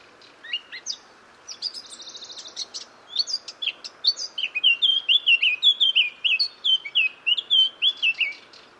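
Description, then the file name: Eurasian blackcap song beginning with thin chips and a brief buzzy trill, then swelling into a long run of loud, clear whistled notes. "Sylvia atricapilla"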